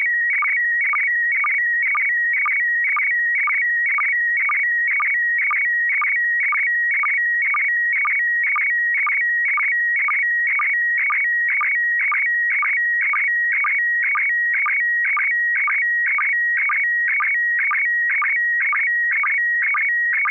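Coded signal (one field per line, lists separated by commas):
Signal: SSTV (slow-scan television)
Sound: rhythmic warbling tones repeating about twice a second, with short low chirps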